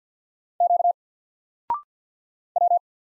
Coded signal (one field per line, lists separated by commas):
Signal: Morse code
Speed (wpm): 50 wpm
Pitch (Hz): 700 Hz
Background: none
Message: Q W